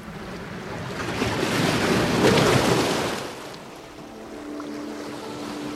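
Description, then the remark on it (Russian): Ocean surf swells into a loud, hissing wash of breaking water, then recedes to a softer, steady rush with a faint low hum beneath it. “Океан на реге Стрим оказался немногим менее соленым, чем земной.”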